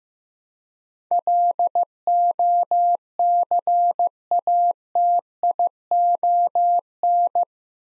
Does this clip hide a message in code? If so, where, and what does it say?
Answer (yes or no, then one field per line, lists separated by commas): yes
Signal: Morse code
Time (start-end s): 1.1-7.4 s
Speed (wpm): 15 wpm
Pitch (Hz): 700 Hz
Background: none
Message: LOCATION